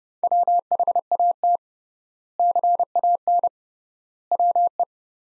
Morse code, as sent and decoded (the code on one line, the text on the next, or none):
.-- .... .- - / -.-. .- -. / .-- .
WHAT CAN WE